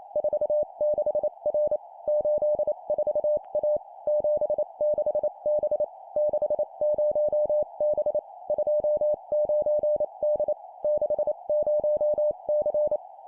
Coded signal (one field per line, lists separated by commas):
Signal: Morse code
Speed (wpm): 28 wpm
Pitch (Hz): 600 Hz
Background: none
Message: 46R 84A 76B 60B 29D 60C